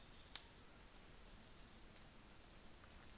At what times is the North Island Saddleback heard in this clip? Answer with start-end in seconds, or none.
none